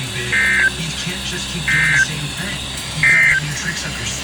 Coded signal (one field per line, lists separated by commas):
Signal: Emergency Alert System (SAME) tones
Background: speech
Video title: SVR And Flood Warning (EAS 398-399)